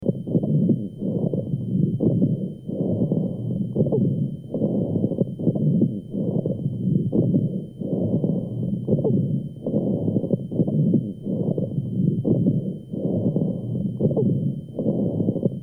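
In an adult's chest, low-pitched, rumbling, snoring-like breath sounds repeat in bursts with each breath, with coarse rattling throughout. These are rhonchi with crackles, a sign of secretions in the larger airways.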